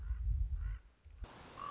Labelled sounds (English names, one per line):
Common Raven